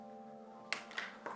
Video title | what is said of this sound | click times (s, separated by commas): I LOVE this Incredible Home! | this one this one locks as well | 0.7 s